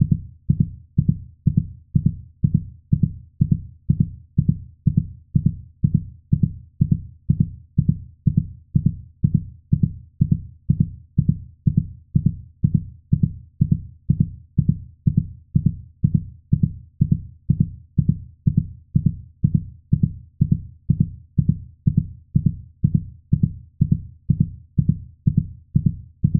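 Steady, evenly spaced low thumps of a heartbeat at about 62 beats a minute continue throughout with a very regular rhythm, with no other sounds in the background.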